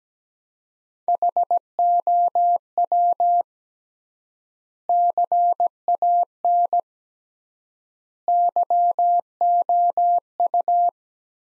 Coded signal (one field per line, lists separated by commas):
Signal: Morse code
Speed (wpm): 17 wpm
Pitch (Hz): 700 Hz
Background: none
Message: HOW CAN YOU